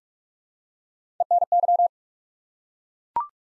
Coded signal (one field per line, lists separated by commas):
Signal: Morse code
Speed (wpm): 43 wpm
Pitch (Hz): 700 Hz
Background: none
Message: ENY